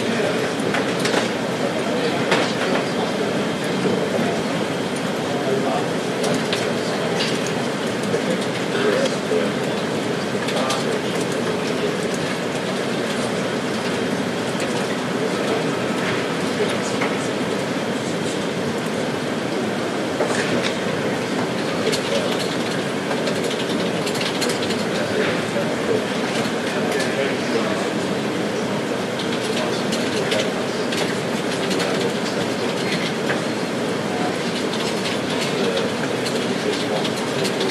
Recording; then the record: background sound without coughing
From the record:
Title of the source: Office Sounds Ambience - Background Noise for Study and Work